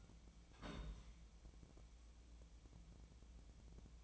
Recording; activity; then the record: daily activity, microphone in the room; place on stove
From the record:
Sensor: 1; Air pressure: 1010.1 hPa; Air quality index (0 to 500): 186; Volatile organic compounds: 16 ppm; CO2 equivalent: 2558 ppm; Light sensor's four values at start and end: 34/88/37/45 and 36/92/38/46